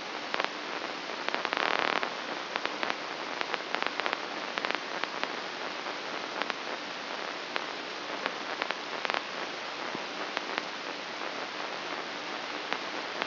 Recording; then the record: brain microelectrode recording played as sound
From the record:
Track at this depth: inside the subthalamic nucleus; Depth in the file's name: 5.263 mm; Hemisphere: left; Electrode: 3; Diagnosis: Parkinson's disease